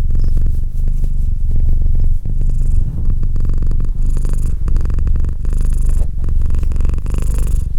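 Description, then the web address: Domestic cat purring deeply, a steady low rumble. "Cat Purr 201308 Cat purr"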